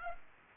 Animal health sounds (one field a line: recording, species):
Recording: mosquito wingbeat signal from an infrared sensor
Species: Culex pipiens